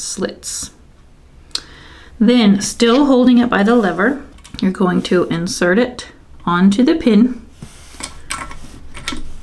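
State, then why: Not seated. Someone talks while a loaded metal bobbin case for a Singer Featherweight sewing machine, with its thread tugged between the slits, is held by its lever and brought toward the pin in the machine's shuttle. A sharp tap comes at about 1.6 seconds, and a cluster of small handling clicks follows between 8.0 and 9.1 seconds. Nothing has seated or clicked into place yet.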